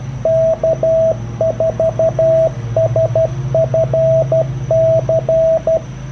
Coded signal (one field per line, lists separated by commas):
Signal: Morse code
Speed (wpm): 12 wpm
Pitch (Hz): 650 Hz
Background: radio noise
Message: K4SFC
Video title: Blue Star Antennas, vertical HF multiband antenna Rigexpert AA-30 and an Icom Ic-703